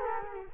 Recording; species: mosquito wingbeat signal from an infrared sensor; Culex quinquefasciatus